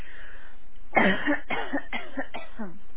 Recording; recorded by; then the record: voluntary cough; telephone call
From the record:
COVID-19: positive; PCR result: self-reported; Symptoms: no